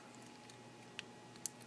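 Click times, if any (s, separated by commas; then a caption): none. A plastic part is handled against the back of the thigh of a Transformers Studio Series Deluxe Class Bumblebee toy figure during transformation, as it is worked toward its peg socket. Small, light plastic ticks sound over quiet background, with the sharpest at about 1.0 s and 1.5 s. The clip ends before the part goes home: nothing has seated or clicked yet.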